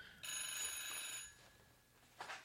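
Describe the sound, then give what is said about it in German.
The bell of an old-fashioned analog FETAP telephone rings in one sustained metallic burst of bright, shimmering clangs, then fades out, followed by a brief rustling sound. “jetzt klingelt hier mein Telefon. Warum klingelt hier? Das ist ein schönes Klingeln, das, ja, da.”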